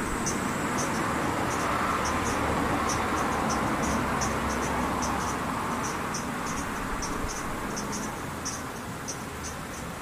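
Cicadas fill the scene with a dense, steady hiss that holds level throughout, easing slightly toward the end. Short, bright chirps repeat high above it about twice a second, and a low rumble runs underneath the whole time.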